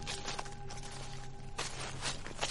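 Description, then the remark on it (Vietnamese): A boy's slow footsteps crunch and rustle through dry leaves on the ground, each step a crackly burst over a steady low background hum, with no voices. “Nó lắng nghe tiếng bước chân của mình trên nền lá mà rùng mình.”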